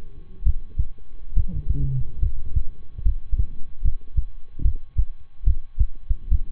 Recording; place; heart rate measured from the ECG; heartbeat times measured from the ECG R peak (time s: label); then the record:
heart sounds by stethoscope; between the tricuspid and mitral areas; 72 bpm
0.42 s: heartbeat
1.32 s: heartbeat
2.19 s: heartbeat
3.02 s: heartbeat
3.81 s: heartbeat
4.61 s: heartbeat
5.43 s: heartbeat
6.28 s: heartbeat
From the record:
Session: rest, lying down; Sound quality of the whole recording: good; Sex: male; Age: 23 years